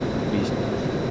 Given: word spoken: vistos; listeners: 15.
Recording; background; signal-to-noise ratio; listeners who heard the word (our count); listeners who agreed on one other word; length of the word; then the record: one Spanish word in noise, from a listening test; speech-shaped noise; -6.9 dB; 1 of 15; 6 of 15; 0.71 s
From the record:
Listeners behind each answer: 6, 4, 1, 1, 1, 1, 1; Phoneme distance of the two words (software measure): 10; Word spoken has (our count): 2 syllables, 6 phonemes, stress on syllable 1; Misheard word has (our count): 2 syllables, 6 phonemes, stress on syllable 1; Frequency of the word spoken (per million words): 7.03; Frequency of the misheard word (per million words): 18.07